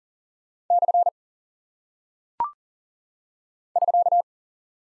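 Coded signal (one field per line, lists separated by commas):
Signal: Morse code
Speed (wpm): 39 wpm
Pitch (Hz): 700 Hz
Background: none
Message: / <SK>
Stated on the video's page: Morse code head-copy drill of punctuation and prosign characters at 40 wpm, each sent twice around a spoken answer.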